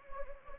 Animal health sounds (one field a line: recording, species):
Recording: mosquito wingbeat signal from an infrared sensor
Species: Anopheles gambiae